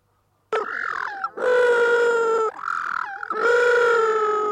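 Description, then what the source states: Little penguin calling with several long, wailing harmonic notes broken by brief gulping catches between them. Northern form of blue penguin.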